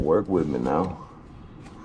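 A plastic quick-connect fuel line fitting is being pushed onto the metal outlet nipple of the fuel pump module during a 2003 Hemi Ram 1500 fuel pump replacement. Someone talks for the first second while struggling with it, then only a low, quiet background rumble remains. Nothing has seated or clicked yet.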